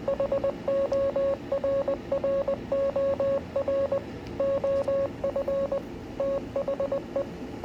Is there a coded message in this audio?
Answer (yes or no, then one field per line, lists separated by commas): yes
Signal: Morse code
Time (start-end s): 0.1-7.2 s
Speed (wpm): 20 wpm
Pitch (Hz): 550 Hz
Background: none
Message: HORROR OF THE